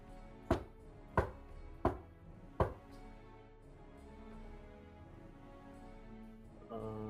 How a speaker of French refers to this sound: vous entendez un bruit résonner dans juste à côté de vous, en fait, puisque vous êtes pas loin de la réception. C'est le heurtoir de la porte qui s'abat. 4 coups francs.